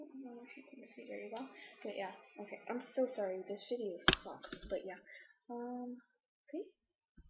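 Someone talks while handling a head piece for a ball-jointed doll head, with a brief sharp handling sound partway through. The piece is being pushed toward its place, but nothing has seated or clicked yet when the clip ends.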